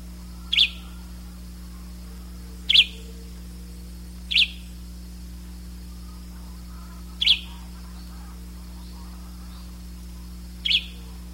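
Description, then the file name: Bird calls: single short, high chirps repeated at uneven gaps of a few seconds, five in all, over a constant low hum. "SABIOD"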